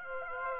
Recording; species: mosquito wingbeat signal from an infrared sensor; Aedes aegypti